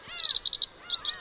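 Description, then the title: Black-browed reed warbler singing rapid, grating repeated notes in two chattering runs, separated by a sharp high note. Teuri Island, Hokkaido. "天売島（北海道）のコヨシキリ"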